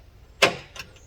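A repaired trunk latch mechanism in a car trunk is operated by hand and mechanically released. A sharp click sounds at 0.4 s, followed by a fainter click at 0.8 s, and the latch releases.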